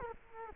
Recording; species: mosquito wingbeat signal from an infrared sensor; Culex quinquefasciatus